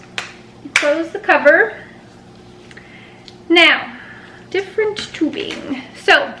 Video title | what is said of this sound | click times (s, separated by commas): 🤩Running Saline Infusion for Dehydration🤩 | it sits on the bottom and then it snaps into place two times | 0.0 s, 0.2 s